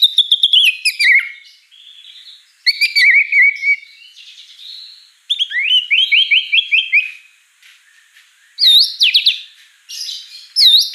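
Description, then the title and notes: White-rumped shama song in loud phrases of sweeping whistles and fast rising trills, separated by quieter warbled passages and brief pauses. Lively lure song of a white-rumped shama (Murai Batu) with a rich, varied repertoire. "Pancingan Gacor Murai Batu Bongkar Isian Mewah. Audio Murai Batu Dongfeng"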